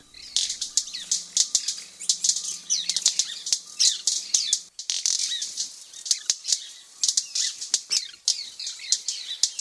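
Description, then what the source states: White-bearded Manakin wing snaps: sharp firecracker-like pops and short riffles in irregular bursts. Firecracker-like popping snaps and riffles, mechanical sounds made with the wing feathers, serving as ornaments like songs.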